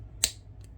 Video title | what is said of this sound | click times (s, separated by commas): Transformers Studio Series ROTB Voyager Rhinox. | pull them forward till you hear it click | 0.2 s